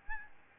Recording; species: mosquito wingbeat signal from an infrared sensor; Aedes albopictus